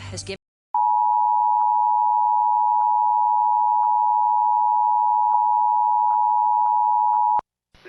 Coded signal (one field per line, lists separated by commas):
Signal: Emergency Alert System (SAME) tones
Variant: 853 and 960 Hz attention tone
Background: speech